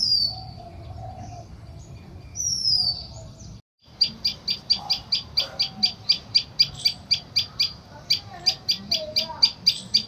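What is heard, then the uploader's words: Birds call over a low, steady rumble. Early on, a few bright down-slurred calls and softer mid-pitched notes sound, then after a brief gap, one bird repeats a sharp, high chirp rapidly and evenly, about twice a second, with quieter calls behind. Bird songs.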